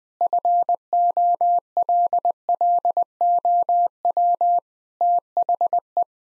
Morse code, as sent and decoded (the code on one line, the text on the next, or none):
..-. --- .-.. .-.. --- .-- / - .... .
FOLLOW THE